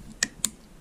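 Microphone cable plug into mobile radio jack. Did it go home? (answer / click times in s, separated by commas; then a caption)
yes / 0.2 s, 0.4 s. The hand microphone's cable plug is pushed into the jack on a TYT MD-9600 mobile radio and latches into place. Two sharp clicks are heard at 0.2 s and 0.5 s, and the connector is seated.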